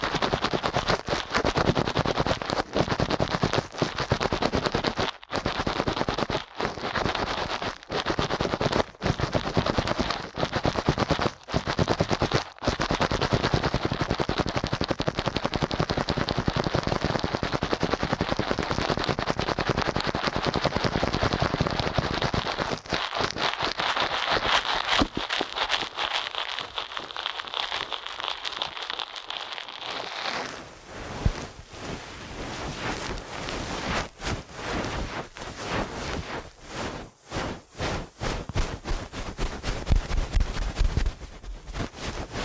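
Fast, relentless ear cleaning makes dense crackling and scratching with sharp pops, thinning at the low end midway before resuming brighter and choppier.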